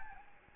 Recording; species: mosquito wingbeat signal from an infrared sensor; Aedes albopictus